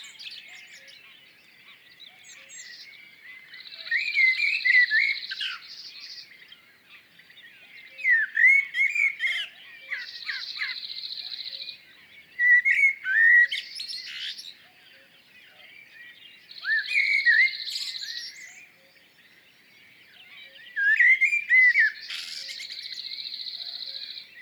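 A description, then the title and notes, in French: A blackbird sings its fluted song, delivering a warbling phrase about every five or six seconds with short pauses between. Each phrase mixes low, mellow whistles with a higher, thin, drawn-out note and squeaky twitters, over a quiet background. Réveil de la haie. Plateau de Lesches en diois - 6h10 - Mixpr3 - mkh40 - stéréo. J'ai placé mes microphones tôt ce matin pour plusieurs heures dans une haie de prunelliers et d'aubépines. Un Merle noir est venu me faire profiter de son chant flûté.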